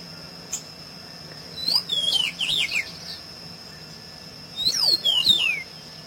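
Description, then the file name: Pedro-ceroulo song in two separate bursts of fast, slurred whistled notes sweeping up and down, with a steady high-pitched whine throughout. "Canto do pedro ceroulo"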